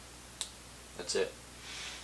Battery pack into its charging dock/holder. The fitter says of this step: slides right in and just a simple push right here and you'll hear a click that's